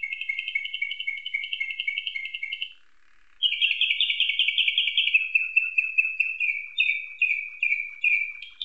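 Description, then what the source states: Canary song in fast rolling trills, a steady buzzy roll for nearly three seconds, a short pause, then a louder trill sliding down into repeated lower phrases. Canary song tutored with nightingale song.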